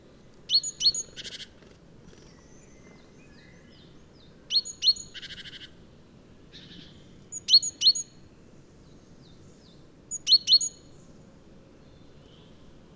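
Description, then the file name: Great tit calls: four bouts a few seconds apart of sharp, high thin notes, the first two followed by a short buzzy churring rattle, over a low steady background rumble. "Parus major"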